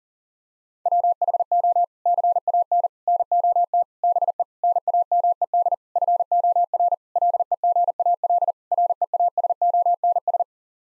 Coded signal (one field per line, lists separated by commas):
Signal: Morse code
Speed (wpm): 40 wpm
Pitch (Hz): 700 Hz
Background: none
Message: WHO CAN NOT BE NAMED FOR LEGAL REASONS